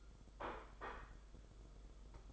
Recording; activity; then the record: daily activity, microphone in the room; place plate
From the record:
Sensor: 5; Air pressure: 991.0 hPa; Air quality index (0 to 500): 141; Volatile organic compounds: 107 ppm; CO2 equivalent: 3801 ppm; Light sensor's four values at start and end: 39/121/46/49 and 39/121/46/49